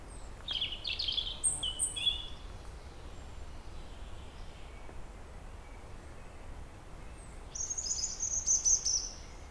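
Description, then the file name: European robin song: a high, warbling, trilled phrase, a long pause, then another bright, sustained, twittering phrase, with light background hiss throughout. "Erithacus rubecula"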